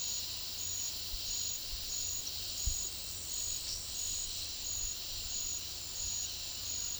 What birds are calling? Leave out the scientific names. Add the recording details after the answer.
none. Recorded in secondary vegetation near Puerto Asís, Putumayo, Colombia, on 18 February 2024 at 10:30. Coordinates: 0.500, -76.326. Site G6428